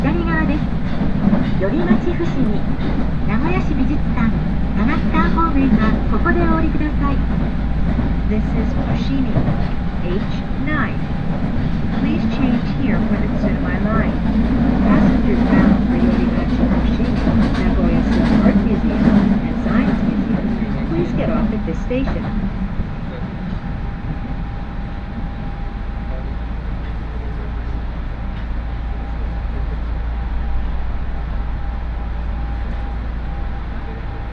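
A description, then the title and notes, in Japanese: Riding the Aonami and Higashiyama lines in Nagoya: a steady low train rumble with murmured speech and rattles, quieting after about twenty-two seconds. 鉄道旅 あおなみ線・東山線 金城ふ頭→荒子・高畑→名古屋。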